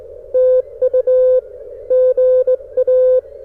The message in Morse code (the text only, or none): TU GA